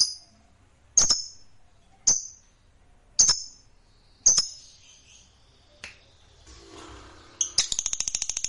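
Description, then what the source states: Lovebird calls: sharp, high single chirps about once a second, a brief rustling gap, then rapid shrill chatter starting at the end. Fighter lovebird singing energetically (gacor).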